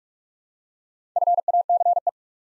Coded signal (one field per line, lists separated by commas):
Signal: Morse code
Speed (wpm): 44 wpm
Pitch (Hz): 700 Hz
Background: none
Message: FACE